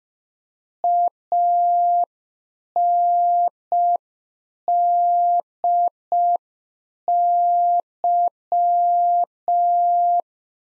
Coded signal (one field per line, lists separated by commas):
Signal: Morse code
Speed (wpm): 5 wpm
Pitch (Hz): 700 Hz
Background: none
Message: ANDY